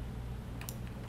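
A plastic spark plug wire connector is pushed onto the ignition coil of a Nissan 300ZX Z32 over a steady low hum. Two sharp clicks land at 0.6 s and 0.7 s as the connector latches and seats.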